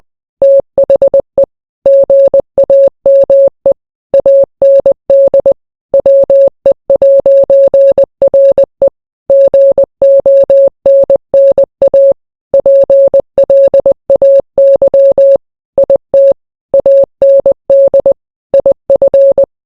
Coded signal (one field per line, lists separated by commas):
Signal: Morse code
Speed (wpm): 20 wpm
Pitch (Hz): 550 Hz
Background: none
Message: THE GAME AND WE'RE GONNA PLAY IT AND IF